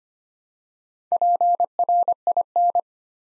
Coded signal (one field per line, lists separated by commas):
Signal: Morse code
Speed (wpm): 25 wpm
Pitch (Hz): 700 Hz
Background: none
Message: PRIN